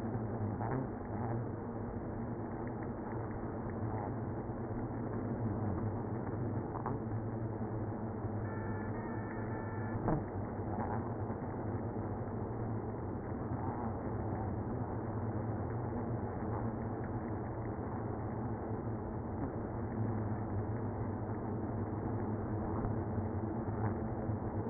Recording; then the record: honeybee colony, microphone inside the hive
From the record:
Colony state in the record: queenless (queen removed); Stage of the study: after two queens were removed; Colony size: about 60,000 bees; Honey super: yes